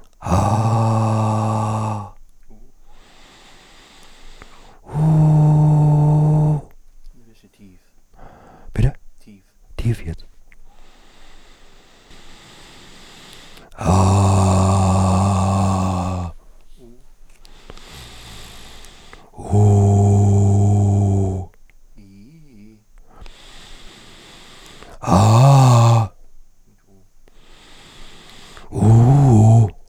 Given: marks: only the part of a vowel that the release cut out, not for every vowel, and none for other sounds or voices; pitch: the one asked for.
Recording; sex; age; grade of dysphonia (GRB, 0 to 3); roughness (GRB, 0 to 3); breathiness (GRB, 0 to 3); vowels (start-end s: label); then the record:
sustained vowels; male; 40 to 49 years; 2; 1; 2
0.74-1.70 s: vowel /a/, high pitch
5.03-6.53 s: vowel /u/, high pitch
14.01-15.89 s: vowel /a/, low pitch
19.58-21.12 s: vowel /u/, low pitch
25.15-25.95 s: vowel /a/, low-high-low pitch
28.86-29.55 s: vowel /u/, low-high-low pitch
From the record:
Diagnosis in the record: recurrent laryngeal nerve paralysis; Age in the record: 48 years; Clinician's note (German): Links intermediär schlaff, keine Kompensation, ausgeprägte Dysphonie